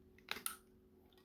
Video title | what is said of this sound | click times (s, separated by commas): Lego EV3 Beginner Tips | Listen for that snap. | 0.3 s